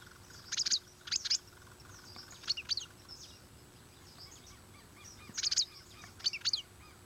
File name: Canto do passaro dragao